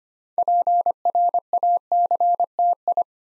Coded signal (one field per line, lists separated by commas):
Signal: Morse code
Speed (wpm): 25 wpm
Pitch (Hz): 700 Hz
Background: none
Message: PRACTI